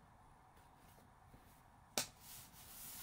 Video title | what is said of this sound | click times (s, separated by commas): Album Un voyage inoubliable dernière partie | vous entendez le petit clac qui permet de fermer cette page. | 2.0 s